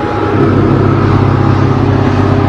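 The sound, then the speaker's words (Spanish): Road traffic, mostly a mining company's vehicles on the company's road in Peru, roars past in a loud, continuous rumble, a deep engine drone with steady low tones and a slight rise in intensity after the first moment, with no voices. “Se ve solamente carros entre provinciales un 5%. El 95% es de la empresa. Entonces esta carretera es de la empresa.”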